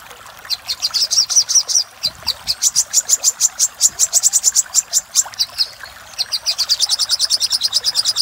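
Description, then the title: Little spiderhunter singing long runs of fast, piercing, evenly spaced notes that break briefly and then resume as a faster trill, with background hiss. Song used for training cage birds. "Masteran Burung Sogok Ontong Labaik"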